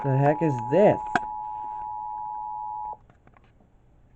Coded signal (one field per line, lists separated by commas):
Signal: Emergency Alert System (SAME) tones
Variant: 853 and 960 Hz attention tone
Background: speech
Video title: EAS 1519: IMMEDIATE EVACUATION for Manatee FL